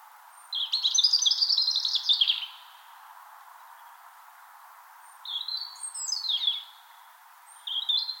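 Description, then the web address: European robin song, short phrases of high, liquid whistles and quick descending trills, separated by pauses of about one to three seconds; a third phrase starts at the end. Spring morning song, Finland. "Punarinta lauri hallikainen. punarinnan laulu sulostuttaa kevataamuja"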